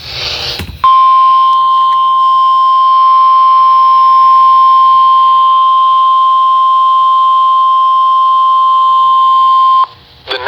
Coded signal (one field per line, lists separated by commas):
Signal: Emergency Alert System (SAME) tones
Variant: 1050 Hz attention tone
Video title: Some EAS Alerts from 6/11/2026 (EAS #843-859)